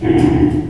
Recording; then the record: squeal of a Yucatan mini pig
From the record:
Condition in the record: before surgery on the right vocal fold (resection and tissue-engineered implant); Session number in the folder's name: 2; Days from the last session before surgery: -15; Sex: female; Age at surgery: 19 weeks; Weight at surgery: 25 kg